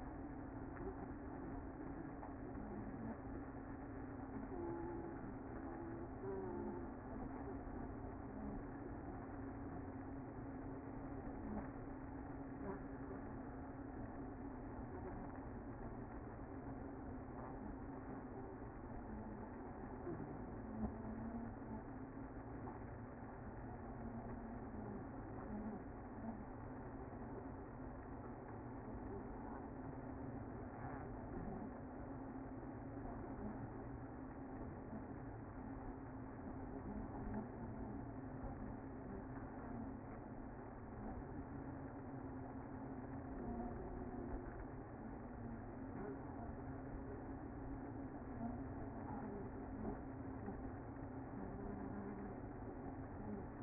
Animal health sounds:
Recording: honeybee colony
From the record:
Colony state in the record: active

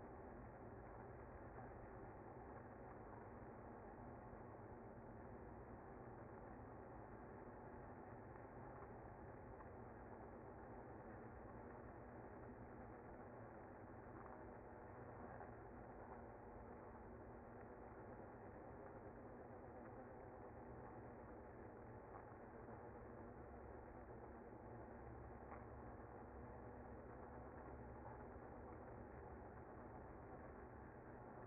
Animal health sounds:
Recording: honeybee colony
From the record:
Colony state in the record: active

